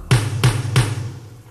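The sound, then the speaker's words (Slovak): Three firm knocks on a door, evenly spaced in a steady rhythm, each a solid thud with a low resonant body that fades quickly. No voices accompany them. “A baveru búcha.”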